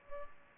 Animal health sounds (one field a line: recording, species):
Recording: mosquito wingbeat signal from an infrared sensor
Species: Culex pipiens